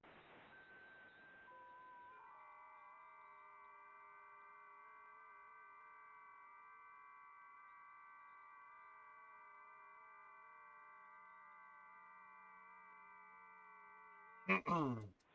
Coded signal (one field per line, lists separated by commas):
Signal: FT8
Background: speech